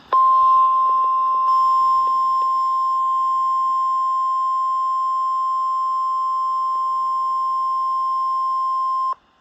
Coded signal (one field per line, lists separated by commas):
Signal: Emergency Alert System (SAME) tones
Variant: 1050 Hz attention tone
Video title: A weekly test and a severe thunderstorm storm watch ￼eas alerts from 6/2￼￼8/23 eas 599-603